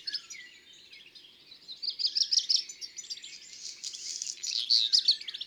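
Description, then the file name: Black redstart song: a quiet start, then a burst of bright, quick high notes, followed by a scratchy, crackling stretch and a final high flourish. "Rougequeue noir ABC des chants doiseaux"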